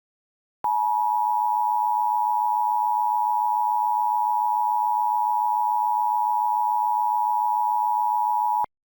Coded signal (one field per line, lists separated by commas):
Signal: Emergency Alert System (SAME) tones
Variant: 853 and 960 Hz attention tone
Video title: EAS - Electrical Annihilation